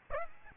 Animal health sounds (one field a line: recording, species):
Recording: mosquito wingbeat signal from an infrared sensor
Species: Aedes aegypti